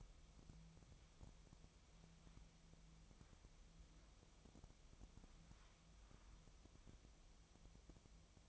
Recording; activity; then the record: daily activity, microphone in the room; wipe stove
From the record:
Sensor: 1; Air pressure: 1004.8 hPa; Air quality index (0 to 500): 84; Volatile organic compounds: 2 ppm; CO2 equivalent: 1137 ppm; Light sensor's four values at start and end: 9/23/9/9 and 9/23/9/9